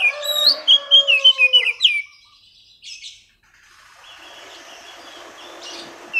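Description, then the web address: Oriental magpie-robin song: a quick run of clear, varied whistles and repeated sharp notes for about two seconds, then a faint hiss and a few soft chirps. Kacer audio used as a lure to get a bird that has stopped singing to start singing again; also serves as master training audio for kacer. "audio kacer-pancingan-macet-bunyi. masteran kacer"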